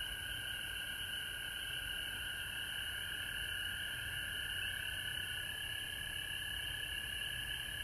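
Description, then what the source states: Frogs chorusing steadily, a bright high trilling band and a lower band running without pause. Recorded at home in Georgia on March 19, 2020.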